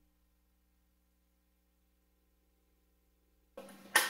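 A handgun is pushed into a newly formed custom holster after near-silence with a faint low hum. A scraping rustle starts around 3.6 s, then a sharp click at 4.0 s as the pistol snaps and locks into place in the holster.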